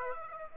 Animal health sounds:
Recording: mosquito wingbeat signal from an infrared sensor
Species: Aedes aegypti

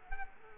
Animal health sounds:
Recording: mosquito wingbeat signal from an infrared sensor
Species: Culex quinquefasciatus

